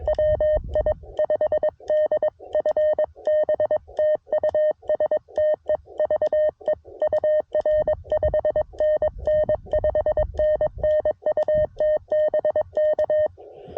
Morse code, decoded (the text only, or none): WI5D FB TU STEVE UR 5NN 5NN UT BK